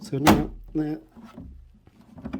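A plastic base is being handled and positioned into the walls of an IKEA Kuggis storage box, where its lips will later be pushed down until they click on top. Someone talks briefly at the start, followed by faint handling rustles and a couple of small knocks near the end. Nothing has seated or clicked yet.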